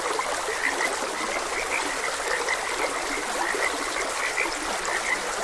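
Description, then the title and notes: Frogs: several give quick, high croaking chirps against continuous trickling stream water. Frogs croaking beside a gentle stream. "Gentle Stream and Frogs Croaking - Calming Sounds of Nature. Sleep and Relaxation Podcast"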